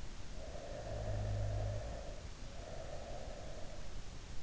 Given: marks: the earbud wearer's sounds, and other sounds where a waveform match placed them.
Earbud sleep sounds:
sounds in sleep by an in-ear microphone; snoring breath
0.07-3.84 s: snoring breath

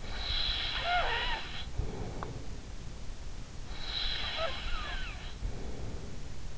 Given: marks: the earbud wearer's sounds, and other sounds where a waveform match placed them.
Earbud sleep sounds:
sounds in sleep by an in-ear microphone; snoring breath
0.00-2.66 s: snoring breath
3.68-6.33 s: snoring breath

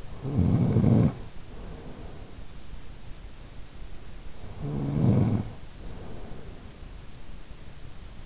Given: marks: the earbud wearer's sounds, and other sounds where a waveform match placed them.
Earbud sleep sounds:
sounds in sleep by an in-ear microphone; snoring breath
0.00-2.88 s: snoring breath
4.38-6.63 s: snoring breath

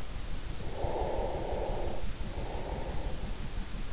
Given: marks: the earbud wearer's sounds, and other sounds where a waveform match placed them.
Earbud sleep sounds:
sounds in sleep by an in-ear microphone; breath
0.05-3.54 s: breath

